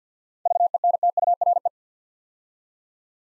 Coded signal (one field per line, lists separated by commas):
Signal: Morse code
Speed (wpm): 50 wpm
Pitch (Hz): 700 Hz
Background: none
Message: VENTURE